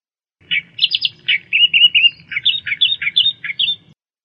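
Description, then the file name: Australian reed warbler singing a varied, rhythmic phrase of grating chirps and repeated churring notes over a faint low hum. "suara kicauan burung kerakbasi australia. omkicau"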